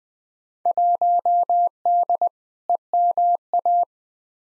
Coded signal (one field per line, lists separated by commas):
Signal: Morse code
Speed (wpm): 20 wpm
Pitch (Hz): 700 Hz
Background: none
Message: 1D EMA